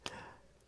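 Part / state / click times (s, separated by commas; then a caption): removable skirt piece on an action figure's waist / released / 0.1 s. A removable hard plastic skirt piece on an action figure's waist pops off its peg with a sharp snap at 0.1 s, followed by a ringing decay. A much fainter tick follows at 0.6 s, and the skirt piece ends up released from the figure.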